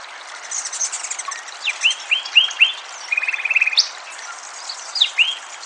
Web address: Wrens Kinglets Gnatcatchers Sinaloa Wren RThompson song